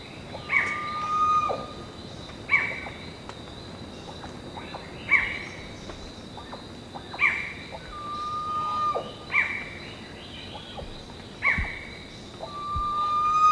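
Bird calls: harsh notes with falling tails repeated about every two seconds, mixed with long level whistles and faint clicks, over a constant hiss.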